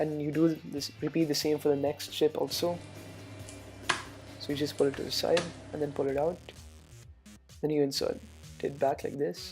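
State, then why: Released. A second RAM module is released from the SO-DIMM slot of a 2008–2012 unibody MacBook Pro by pushing the slot's retaining tabs sideways. Someone talks over background music, and a sharp click at 3.9 s marks the module coming free of its latches. The module is then pulled out.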